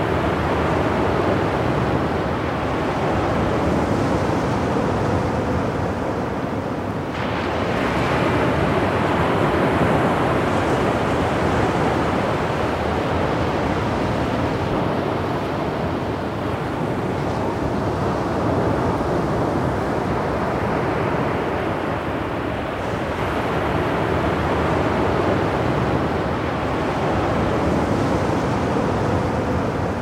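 Ocean sound fills the whole stretch as a dense, steady roar of surf, heavy in the low and middle range. Loudness barely shifts, with gentle swells and a brighter wash near 7 seconds and again around 23 seconds.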